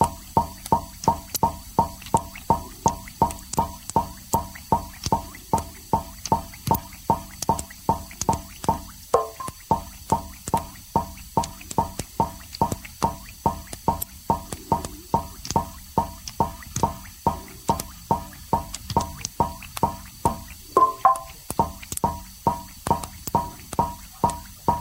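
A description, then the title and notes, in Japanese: Oxygen bubbles pop up through water in a steady, fast rhythm of bright little plops, about two or three per second, throughout. 懐かしの化学実験によって得られる「純粋な」泡の音。二酸化マンガンに過酸化水素水を加え、酸素を発生させます。発生した酸素が水上置換法によって水面から出てくる時の泡の音。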